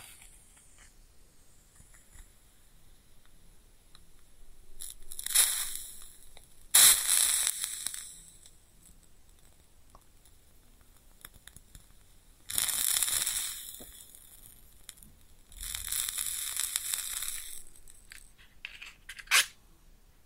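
Close-up matches strike and flare in bright hissing bursts near 5, 7, 12.5 and 16 seconds, with faint crackles between and a final snap.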